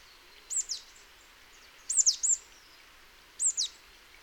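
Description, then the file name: Marsh tit calls, three bursts of sharp, high, doubled or tripled notes spaced about one and a half seconds apart over quiet background hiss. "Poecile palustris"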